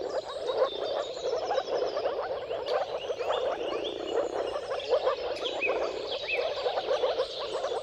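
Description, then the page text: Moor frogs in a dense chorus of soft, low bubbling calls, overlapping continuously, with scattered bird whistles and chirps higher above. Dawn chorus of many moor frogs giving mating calls at sunrise, at the turn of March and April, timing depending on the weather. "Dawn’s Chorus: Mating Calls of Marsh Frogs at Sunrise. Depending on the weather at the turn of March and April, you can witness an amazing spectacle of moor frogs. Jakub-Orzecki moor frogs"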